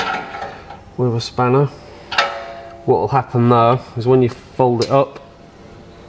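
Someone talks while handling the folding rear ladder mounted on the rear door of a VW T5/T6 van, which has been tightened with a spanner and is about to be folded up. Brief handling knocks are heard among the speech, including one sharp sound near 2.2 seconds. The ladder has not yet locked into its mount, and nothing has seated or clicked yet.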